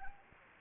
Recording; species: mosquito wingbeat signal from an infrared sensor; Anopheles gambiae